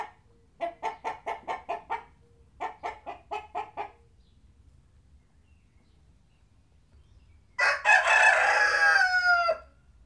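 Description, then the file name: Chickens cluck in two quick runs of rhythmic notes, then after a quiet pause a rooster gives a loud, drawn-out cock-a-doodle-doo crow lasting about two seconds. Chickens clucking and a rooster crowing. "Chickens clucking and rooster with cockadoodledoo"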